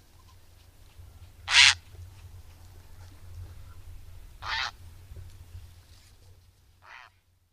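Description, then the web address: Grey heron giving rough, grating croaks: three short bursts, the last one fainter, over a low hum. "agykontroll Madardalok Cd 3. Szürke gém"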